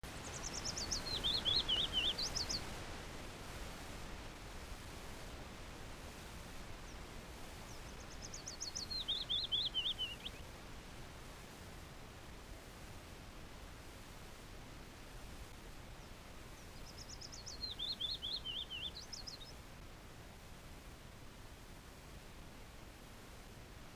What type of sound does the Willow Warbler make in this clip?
song